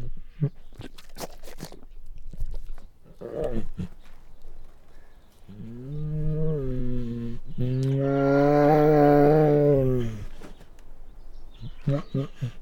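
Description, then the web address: Bengal tiger gives a long, deep, drawn-out growl, preceded by scattered short harsh sounds, with a few more short bursts at the end. Male Bengal tiger growling and snarling. "Sound Ideas Tigers Sound Effects"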